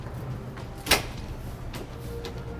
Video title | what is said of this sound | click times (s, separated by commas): etrailer - DIY Install: TruXedo TruXport Soft, Roll-Up Tonneau Cover on your 2015 Nissan Titan | the channel here on both sides listen for the two clicks we've got it there | 0.9 s, 2.2 s